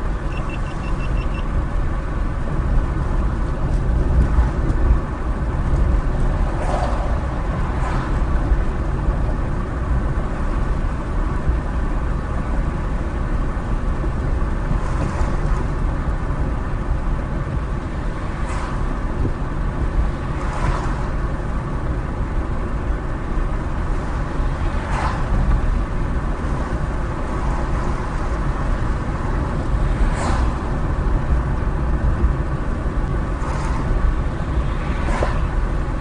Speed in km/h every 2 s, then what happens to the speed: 58, 56, 56, 58, 58, 60, 60, 61, 58, 58, 58, 58, 60, 61, 60, 60, 60, 60.
0-36 steady at about 58.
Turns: none.